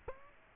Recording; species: mosquito wingbeat signal from an infrared sensor; Aedes aegypti